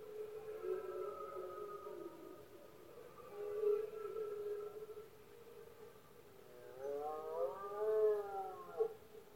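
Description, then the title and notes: Red deer bellows: several long, wavering moans, ending with a louder, rising-and-falling roar near the close. Powerful bellows of male red deer in the rutting season (berrea or brama), recorded at night in Spain; rut best heard at night when surroundings are quietest. "Paisaje sonoro: Berrea. La época de celo del ciervo se conoce comúnmente como “berrea del ciervo” o “brama del ciervo”. los poderosos bramidos de los ciervos machos"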